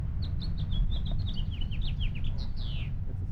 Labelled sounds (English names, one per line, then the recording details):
House Finch song
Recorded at Lynbrook on Long Island, New York, on 17 June 1975
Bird E